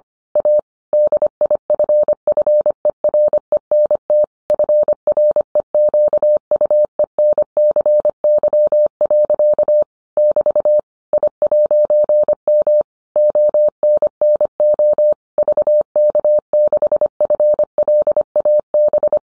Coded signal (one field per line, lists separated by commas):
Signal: Morse code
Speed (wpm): 25 wpm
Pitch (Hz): 600 Hz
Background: none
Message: A DIFFERENT FREQUENCY. <BT> I'M ONNO VK6FLAB